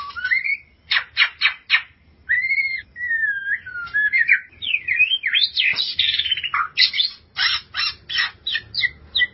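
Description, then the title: White-rumped shama song mixing a string of sharp repeated clicks with looping, warbled whistles and buzzy phrases, clicks returning steadily toward the end. "Kicau Murai Batu"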